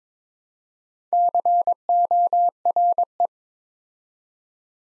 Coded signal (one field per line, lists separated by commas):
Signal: Morse code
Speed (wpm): 22 wpm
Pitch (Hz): 700 Hz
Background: none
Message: CORE